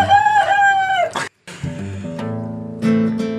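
A rooster crows twice, loud and strained. The first call holds steady and then drops off, and after a short pause a second, lower crow follows.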